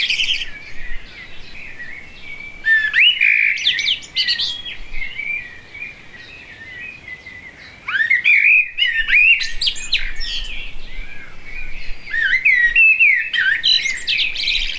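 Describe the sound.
Blackbird song: varied mellow warbling phrases interleaved with shrill twittering flourishes, a quieter stretch midway, then a fresh rush of song.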